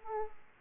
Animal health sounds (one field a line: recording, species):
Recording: mosquito wingbeat signal from an infrared sensor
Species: Aedes aegypti